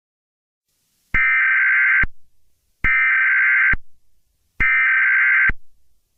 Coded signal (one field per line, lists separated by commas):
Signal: Emergency Alert System (SAME) tones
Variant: header bursts